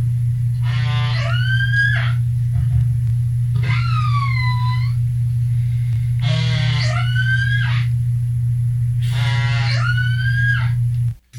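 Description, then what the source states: Killer whale calls: four bursts of harmonic calls, each opening with a buzzy pulsed stretch and sliding into whistled tones, over a steady electrical hum. Played as a mystery sound; a toothed whale of the dolphin family, found in cool waters worldwide.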